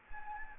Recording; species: mosquito wingbeat signal from an infrared sensor; Anopheles gambiae